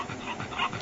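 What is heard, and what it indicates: Inspiratory stridor in a 6-year-old female Jack Russell Terrier in severe respiratory distress, two weeks after being bitten on the neck by another dog; a sign of obstruction at the larynx, from traumatic bilateral laryngeal paralysis, treated by laryngeal lateralization. She also had increased upper respiratory noise, exercise intolerance, episodes of cyanosis, a voice change and inability to bark.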